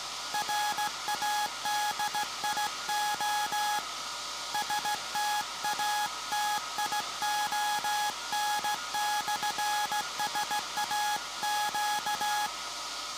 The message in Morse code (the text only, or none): RADIO STATION/SAQ